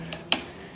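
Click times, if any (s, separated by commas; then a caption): 0.3 s. The folded handlebar stem of a Yadea KS6 Pro electric scooter is pressed down so its hook catches the loop on the rear fender. A faint tick at 0.1 s is followed by a sharp, bright click at 0.3 s over a low steady hum. The stem hook locks into place.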